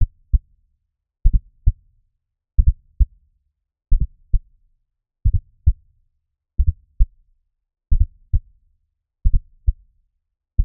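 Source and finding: Heart by stethoscope. Fourth heart sound (S4).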